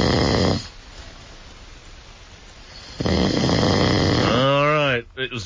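Two loud, rough, rattling snores about three seconds apart, with a quiet pause between, from an adult man asleep: snoring.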